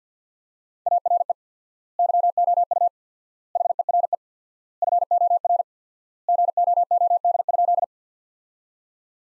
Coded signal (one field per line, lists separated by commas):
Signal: Morse code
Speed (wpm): 50 wpm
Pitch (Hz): 700 Hz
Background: none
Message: ARE YOU HERE FOR GOOD?